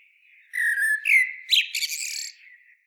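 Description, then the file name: Common blackbird giving one song phrase: a smooth, flute-like whistled opening that breaks into a brief, high, chattering flourish at the end. "Turdus merula"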